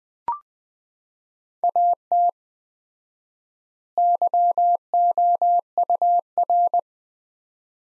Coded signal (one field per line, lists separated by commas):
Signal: Morse code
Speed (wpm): 19 wpm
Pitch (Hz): 700 Hz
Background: none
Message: AT YOUR